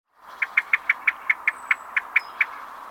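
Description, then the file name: Common blackbird uttering a steady string of about eleven sharp, clicking chink notes, several per second, with a faint thin whistle in the background. "Turdus merula"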